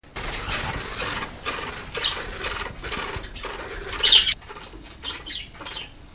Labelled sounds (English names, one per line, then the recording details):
Northern White-faced Owl call
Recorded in captivity
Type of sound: call
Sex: pair
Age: adult
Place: Zoo Berlin, Berlin, DE
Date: 2001-03-20 14:15
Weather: fair - cloudy, 0 - 2°C
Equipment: Nagra SN, Kopie Uher 4000 Report Monitor
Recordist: Tembrock, Günter
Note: Paar im Haus: Laute durch Öffnen des Schiebers ausgelöst (Wellensittiche daneben!)